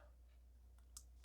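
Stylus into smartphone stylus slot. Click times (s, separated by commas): 1.0 s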